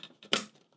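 A PCIe riser cable connector is pushed into the slot of an RTX 5080 graphics card in an NR200P Max V2 Mini ITX case, with the retention catch undone. Two faint ticks at about 0.0 and 0.2 seconds lead to a loud, sharp, bright click at 0.3 seconds that rings and fades over the next fifth of a second. The connector is seated.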